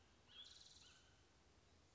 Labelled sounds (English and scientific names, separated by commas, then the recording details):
Spotted Towhee (Pipilo maculatus)
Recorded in Sonoma County, California